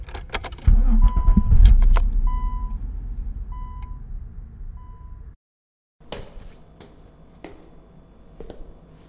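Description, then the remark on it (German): Keys jingle, then a car engine starts with a loud low rumble that slowly eases while a steady warning chime beeps at regular intervals; the sound cuts out abruptly, followed by faint scattered clatter. “Fahr endlich los!”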